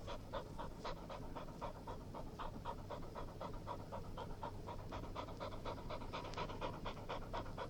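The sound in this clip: English springer spaniel panting in quick, steady breaths about twice a second, with a constant low hum underneath and no clear barks.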